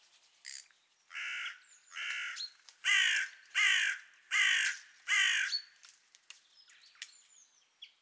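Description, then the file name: Carrion crow calling a series of about six harsh caws at a steady pace, with faint high notes before and after them. "Corvus corone"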